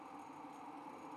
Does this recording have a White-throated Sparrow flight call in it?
no